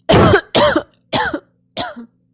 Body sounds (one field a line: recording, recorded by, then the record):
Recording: voluntary cough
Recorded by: messaging app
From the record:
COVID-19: negative